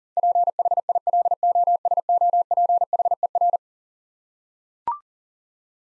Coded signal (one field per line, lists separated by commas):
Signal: Morse code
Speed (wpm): 37 wpm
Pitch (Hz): 700 Hz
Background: none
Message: PHILOSOPHER